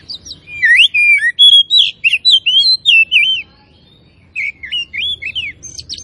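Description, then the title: Oriental magpie-robin delivering a fast run of sweet, wavering whistled notes, then about a second of silence before a shorter phrase resumes. Tretes; singing gacor (vigorously and continuously). "Kacer Tretes"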